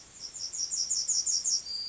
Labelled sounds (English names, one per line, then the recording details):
Yellowhammer song
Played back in grassland
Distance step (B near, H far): C
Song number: 045